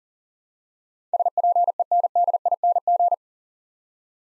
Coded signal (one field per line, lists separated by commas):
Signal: Morse code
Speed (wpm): 37 wpm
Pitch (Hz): 700 Hz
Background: none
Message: SPENDING